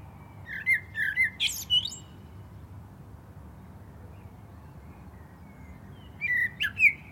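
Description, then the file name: Common blackbird song in two phrases: low fluty whistles ending in a squeaky high flourish, then a long quiet pause before a shorter second phrase near the end. "Turdus merula"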